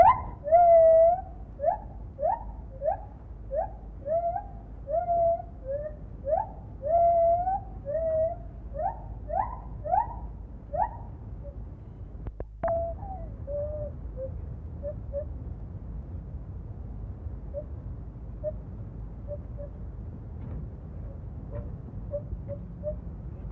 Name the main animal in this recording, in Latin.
Hylobates lar